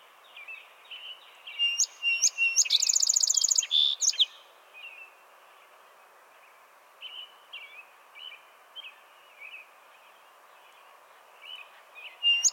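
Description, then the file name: Song sparrow singing: soft scattered notes lead into a loud, high buzzy trill with sharp notes around it. Quieter separate notes continue afterward, with one louder note at the end. "Melospiza melodia - Song Sparrow"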